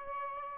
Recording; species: mosquito wingbeat signal from an infrared sensor; Aedes albopictus